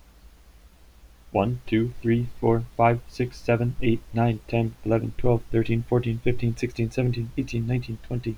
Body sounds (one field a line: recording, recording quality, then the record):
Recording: counting at a fast pace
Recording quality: moderate, slight background noise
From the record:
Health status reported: healthy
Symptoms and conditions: none ticked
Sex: male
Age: 28 years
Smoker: not ticked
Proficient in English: yes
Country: United States